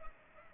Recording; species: mosquito wingbeat signal from an infrared sensor; Culex pipiens